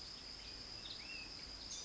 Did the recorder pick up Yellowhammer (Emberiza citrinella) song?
no